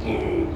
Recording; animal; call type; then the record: contact call of a hoofed animal; pig; closed-mouth grunt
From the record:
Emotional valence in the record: negative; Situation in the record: short social isolation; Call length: 0.57 s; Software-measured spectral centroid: 1270 Hz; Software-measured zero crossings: 930 a second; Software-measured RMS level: -24 dBFS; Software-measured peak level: -13 dBFS